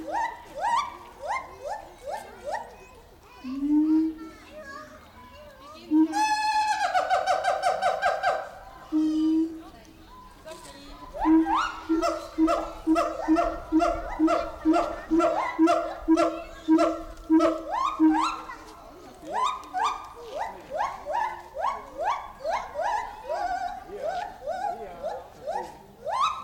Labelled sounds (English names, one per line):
Siamang call